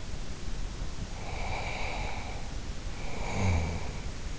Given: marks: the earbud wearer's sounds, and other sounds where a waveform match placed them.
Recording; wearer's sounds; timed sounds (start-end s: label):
sounds in sleep by an in-ear microphone; breath
0.79-4.32 s: breath